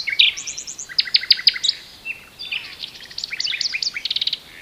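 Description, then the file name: Common nightingale song: a brief run of high chirps, a few emphatic piping notes, then a jumble of quick twittering and a fast trill. "Luscinia megarhynchos"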